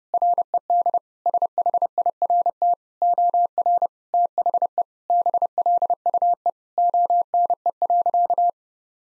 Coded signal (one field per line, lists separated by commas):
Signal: Morse code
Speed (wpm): 30 wpm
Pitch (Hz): 700 Hz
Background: none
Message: RED SHIRT OR THE BLUE ONE.